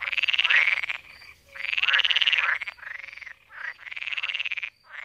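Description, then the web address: Pool frog croaking: rattling trills of fast pulses, the first two about a second each, then shorter bursts, with short pauses between. "Fotoim Hangok Pelophylax lessonae"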